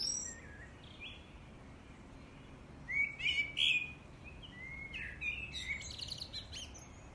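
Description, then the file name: Common blackbird singing a short fluty phrase that ends in a squeaky twitter, then scattered softer warbled notes, over steady low background hiss. "Turdus merula"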